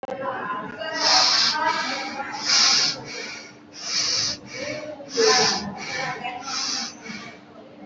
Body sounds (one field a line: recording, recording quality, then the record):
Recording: deep breathing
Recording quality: excellent, no background noise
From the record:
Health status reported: recovered from COVID-19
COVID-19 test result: positive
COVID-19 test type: RT-PCR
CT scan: not taken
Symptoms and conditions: another condition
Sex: female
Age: 19 years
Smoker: no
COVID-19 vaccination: one dose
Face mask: worn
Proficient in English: yes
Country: India